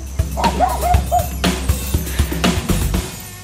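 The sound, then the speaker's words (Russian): A dog barks hoarsely in a ragged series of rough, raspy bursts, with a few higher whining yelps early on, all over a low, steady rumble. “Мы бежали, не разбирая дороги, петляли между деревьями, а вслед нам несся хриплый лай.”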